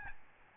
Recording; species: mosquito wingbeat signal from an infrared sensor; Aedes albopictus